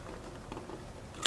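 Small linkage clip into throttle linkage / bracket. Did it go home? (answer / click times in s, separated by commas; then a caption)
no / none. During a 1981 Pontiac Trans Am engine swap, a small plastic linkage clip is pushed by hand toward the throttle linkage bracket, with quiet, steady handling noise and a faint tick at about 0.5 s. A sharp, bright burst hits right at the end at 1.3 s, but the clip has not yet seated or clicked into place.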